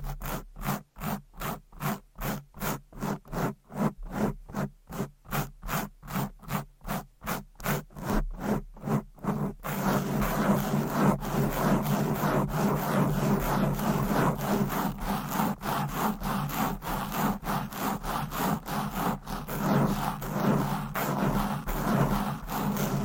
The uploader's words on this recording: ASMR Fast & Aggressive Mic Scratching with 10 DIFFERENT MICS Covers & Nails No Talking.